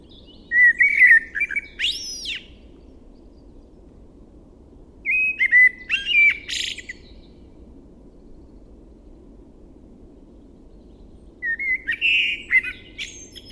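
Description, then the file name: Eurasian blackbird song: three separate phrases, each a low mellow fluted warble ending in a thin, high squeaky twitter, with long quiet pauses between them over a steady low hum. "Turdus merula"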